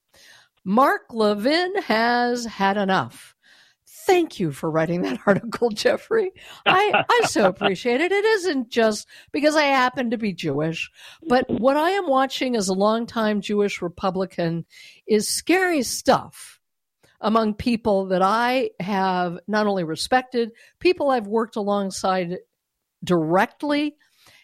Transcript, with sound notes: Mark Levin has had enough. Thank you for writing that article, Jeffrey.
(laughs)
I, I so appreciate it. It isn't just because I happen to be Jewish, but what I am watching as a longtime Jewish Republican is scary stuff among people that I have not only respected, people I've worked alongside directly.